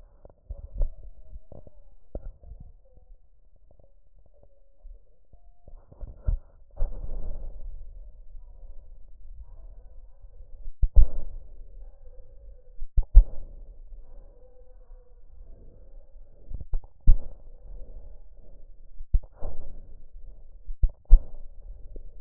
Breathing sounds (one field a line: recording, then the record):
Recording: lung sounds by stethoscope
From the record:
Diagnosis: emphysema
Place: left posterior upper chest